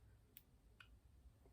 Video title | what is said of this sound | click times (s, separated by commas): SewGnar Callisto Slim Crossbody | section fits and again just like on this side you can hear it snap in | 0.4 s